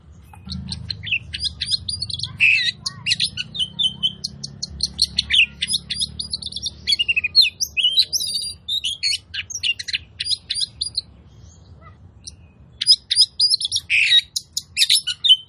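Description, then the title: Oriental magpie-robin song in bursts of rapid chirps, clicks and sharp whistles, a lively stretch, a quiet pause around eleven seconds, then renewed chattering notes. Song used as a lure to provoke other magpie-robins into aggression, tail-spreading and fighting display; full 'tembakan' bursts. "KACER NGOTOT FULL TEMBAKAN. Pancingan Kacer Gacor Plong Plongan Buat Kacer Lain Auto Emosi Buka Ekor Ngobra"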